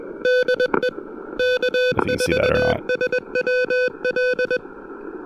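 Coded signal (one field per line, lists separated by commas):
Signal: Morse code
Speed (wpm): 21 wpm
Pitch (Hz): 500 Hz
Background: music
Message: DE K4SWL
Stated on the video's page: POTA activation with an Elecraft KH1 and a Bamako TP-III key, through patchy propagation.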